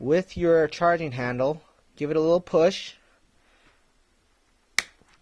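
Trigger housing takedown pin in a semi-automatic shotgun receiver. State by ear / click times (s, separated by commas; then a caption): released / 4.8 s. Someone talks while using the tip of the charging handle to push the small metal trigger-housing takedown pin in a Benelli M4 Super 90 semi-automatic shotgun receiver. A sharp click sounds at 4.8 s as the pin's detent lets go. The pin is released and can now be pulled out to the left.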